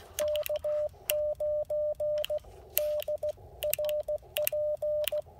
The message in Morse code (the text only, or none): K9DRP